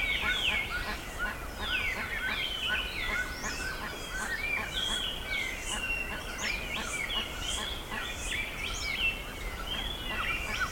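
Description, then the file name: Bird chorus, continuous and crowded, full of rapid high chirps, sweeping trills and short clicking notes throughout. "SABIOD 50 bird 2015"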